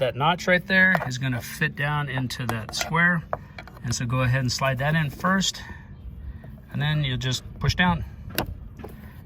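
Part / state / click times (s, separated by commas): switch cover plate into door panel / seated / 8.4 s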